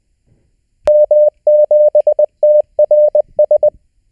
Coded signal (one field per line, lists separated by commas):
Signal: Morse code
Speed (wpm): 20 wpm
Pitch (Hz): 600 Hz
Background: none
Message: M7TRS